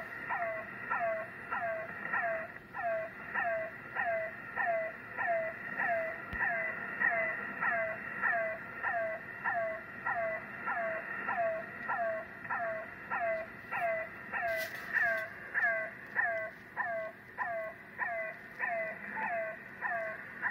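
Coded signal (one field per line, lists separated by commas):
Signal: unidentified radio signal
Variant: The Air Horn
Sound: steady rapid train of wailing, horn-like harmonic swoops repeating about every 0.6 seconds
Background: radio static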